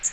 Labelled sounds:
Magnolia Warbler flight call

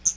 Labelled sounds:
Hooded Warbler flight call

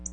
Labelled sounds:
Black-throated Blue Warbler flight call

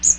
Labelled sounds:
Magnolia Warbler flight call

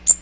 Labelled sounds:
Magnolia Warbler flight call

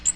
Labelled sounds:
Magnolia Warbler flight call

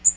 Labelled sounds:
Magnolia Warbler flight call

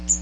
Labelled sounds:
Magnolia Warbler flight call

